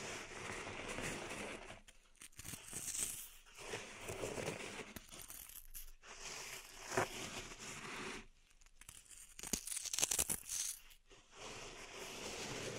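Pink salt in a zen garden being raked and pressed, giving a dense, gritty crunching and scraping with a bright, sandy edge. The sound comes in sweeping passes of a second or two, broken by short quiet gaps near 2, 6, 8.5 and 11 seconds.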